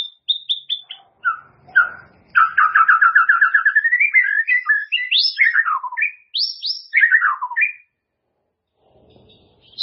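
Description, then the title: White-rumped shama song: a few soft notes, then a rapid rolling trill of repeated syllables, followed by swooping whistles that climb and fall. "murai batu"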